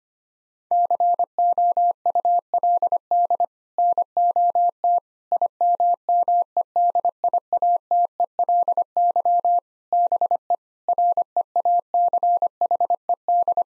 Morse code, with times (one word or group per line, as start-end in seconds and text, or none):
0.7-3.5 COULD
3.8-5.0 NOT
5.3-9.6 IMMEDIATELY
9.9-10.5 BE
10.9-13.6 REACHED